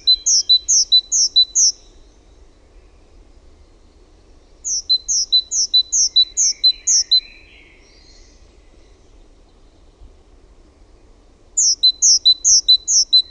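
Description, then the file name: Great tit song: bright two-note phrases, a high note dropping to a lower one, repeated four to six times per burst; three bursts separated by pauses of about three to four and a half seconds. "TALITIAINEN"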